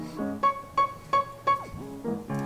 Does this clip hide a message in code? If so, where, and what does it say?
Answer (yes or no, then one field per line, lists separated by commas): no